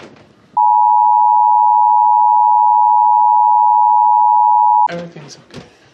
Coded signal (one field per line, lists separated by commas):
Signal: Emergency Alert System (SAME) tones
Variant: 853 and 960 Hz attention tone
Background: speech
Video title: autitistc kid outburst but when ever he says anything it's emergency broadcast system noises